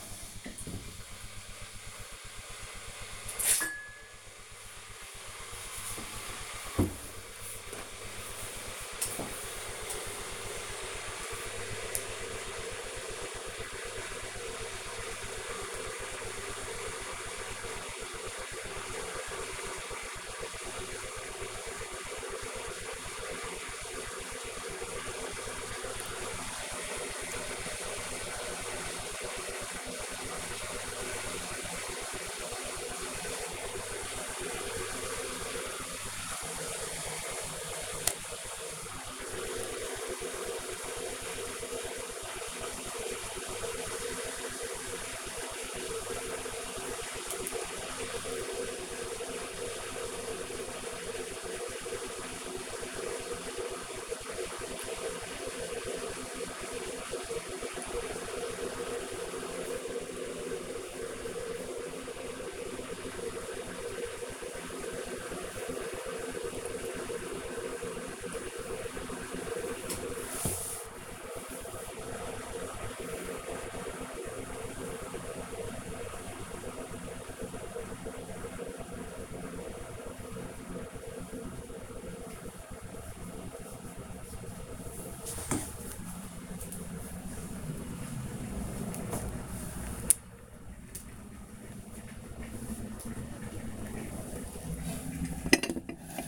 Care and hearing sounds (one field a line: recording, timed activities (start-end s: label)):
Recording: household activities, microphone on the right wrist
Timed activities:
0.00-96.28 s: making tea